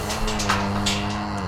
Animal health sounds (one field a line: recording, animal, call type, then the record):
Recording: contact call of a hoofed animal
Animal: cattle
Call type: low-frequency (closed-mouth) or high-frequency (open-mouth) call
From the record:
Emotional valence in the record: positive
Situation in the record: visual reunion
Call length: 1.48 s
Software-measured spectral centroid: 3320 Hz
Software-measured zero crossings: 2860 a second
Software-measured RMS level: -24 dBFS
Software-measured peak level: -7 dBFS